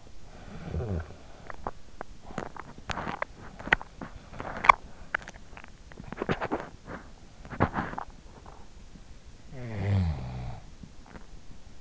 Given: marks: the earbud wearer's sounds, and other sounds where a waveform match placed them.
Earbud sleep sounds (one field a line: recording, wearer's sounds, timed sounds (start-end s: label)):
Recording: sounds in sleep by an in-ear microphone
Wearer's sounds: snoring breath, teeth grinding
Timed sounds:
0.00-1.32 s: snoring breath
1.32-8.95 s: teeth grinding
9.16-11.81 s: snoring breath